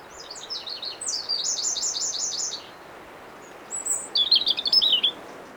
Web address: SETE data Erithacus rubecula